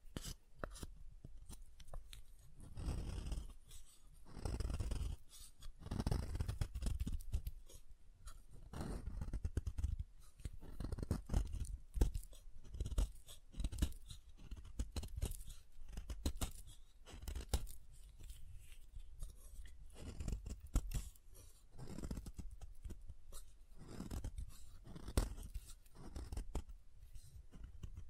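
Soap being tapped and carved, heard as a dense run of short crunching, scraping strokes that continues for the full length. Heavier thuds land every second or two, with a brief quieter stretch near the one-second mark, while light scratchy ticks fill the gaps between them.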